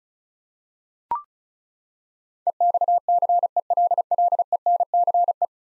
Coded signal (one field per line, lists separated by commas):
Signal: Morse code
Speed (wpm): 36 wpm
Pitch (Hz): 700 Hz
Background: none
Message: EXCELLENCE